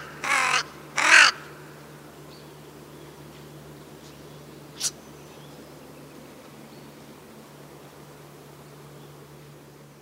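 Crow calling two harsh, grating caws in quick succession at the start, then a brief sharp click and a long stretch of low hum.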